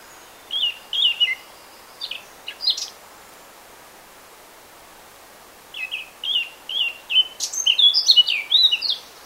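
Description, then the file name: Eurasian blackcap with two bursts of sharp, twittering notes, the second longer and richer with high squeaky elements, separated by a few seconds of quiet. "Sylvia atricapilla"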